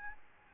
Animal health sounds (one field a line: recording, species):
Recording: mosquito wingbeat signal from an infrared sensor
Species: Aedes albopictus